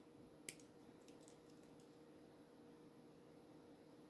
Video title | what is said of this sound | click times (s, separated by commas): STEAMPUNK BRACELET USING BARGAIN BEAD BOX! | make sure I hear and feel that little click. | 0.5 s